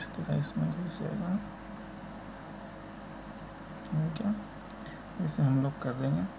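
A fiber optic connector that has been inserted into a coupling adapter is handled before being locked, while someone talks in short bursts with quiet stretches between. Nothing has seated or clicked yet.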